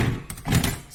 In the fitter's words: back on clicks into place she's done done